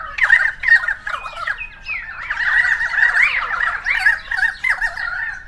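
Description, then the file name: Currawongs giving choppy squawks at first, then a steady chattering, gurgling chorus of several birds calling over one another to the end. Several birds recorded on 28 May 2013. "130528 Currawongs"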